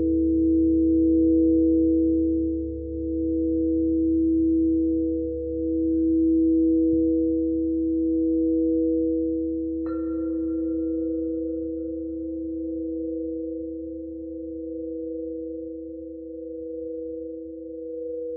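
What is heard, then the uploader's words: Singing bowls hum in a steady, sustained drone, two pure tones ringing together with a slow wavering swell. A low rumble sits underneath throughout. Around ten seconds a brighter ping is struck and fades over a couple of seconds while the drone continues. Soundscape singing bowls.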